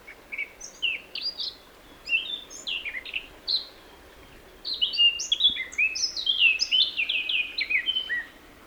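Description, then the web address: Eurasian blackcap song: a run of quick, varied warbling phrases, high and chattering, in two bursts, the second longer and richer, over a soft steady background hiss. "SETE data Sylvia atricapilla"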